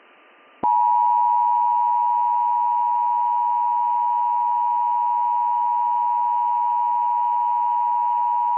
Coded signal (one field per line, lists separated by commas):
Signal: Emergency Alert System (SAME) tones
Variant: 853 and 960 Hz attention tone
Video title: Unova Winter (EAS Scenario)